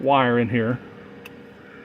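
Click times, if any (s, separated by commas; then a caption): 1.3 s. Someone talks briefly, then the digging clutch lever on the control of an LDH foundation drill rig is pulled until it snaps into its engaged position. A short, sharp click is heard at 1.3 s over a low background hum, and the lever stays in.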